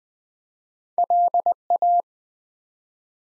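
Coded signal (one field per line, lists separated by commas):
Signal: Morse code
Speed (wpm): 20 wpm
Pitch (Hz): 700 Hz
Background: none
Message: LA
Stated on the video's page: Morse practice of ARRL section abbreviations used in Field Day contest exchanges, 20 wpm, each sent in Morse, spoken, then sent again for head-copy.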